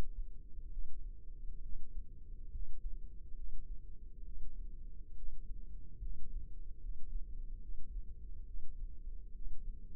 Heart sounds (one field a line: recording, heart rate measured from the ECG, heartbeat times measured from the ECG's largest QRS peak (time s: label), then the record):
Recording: heart sounds by microphone in the left ear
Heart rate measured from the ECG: 69 bpm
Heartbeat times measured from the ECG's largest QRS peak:
0.70 s: heartbeat
1.61 s: heartbeat
2.50 s: heartbeat
3.35 s: heartbeat
4.24 s: heartbeat
5.15 s: heartbeat
6.00 s: heartbeat
6.80 s: heartbeat
7.60 s: heartbeat
8.45 s: heartbeat
9.33 s: heartbeat
From the record:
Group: healthy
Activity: rest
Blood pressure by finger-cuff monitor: 115/61 mmHg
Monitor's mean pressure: 77 mmHg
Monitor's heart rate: 69 bpm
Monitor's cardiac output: 6.6 L/min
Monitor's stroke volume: 95 mL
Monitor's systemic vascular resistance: 850 dyn s/cm5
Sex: female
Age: 22 years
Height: 160 cm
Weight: 63 kg